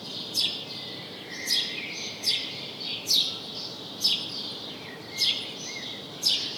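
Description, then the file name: House sparrow chirps: seven crisp, loud chip notes spaced unevenly about a second apart over a soft, continuous hiss. "Passer domesticus"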